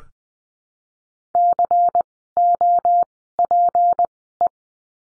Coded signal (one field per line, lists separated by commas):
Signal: Morse code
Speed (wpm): 20 wpm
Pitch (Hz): 700 Hz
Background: none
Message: COPE